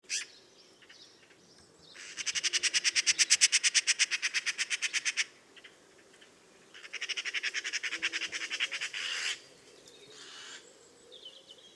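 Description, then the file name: Eurasian magpie giving two loud rattling chatters, each a rapid machine-gun series of harsh notes lasting a few seconds, separated by a short pause. "Pica pica"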